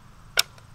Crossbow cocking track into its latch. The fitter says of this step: it clicks and then i'm going to show you guys how to do the silent method